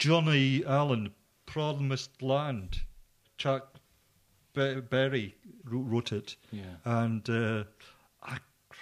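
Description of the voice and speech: Slow, halting speech from an adult male musician recovering from a stroke: short fragments broken by long pauses, with a repeated syllable, fitting aphasia after stroke. His recovery followed a period of struggle and rehabilitation.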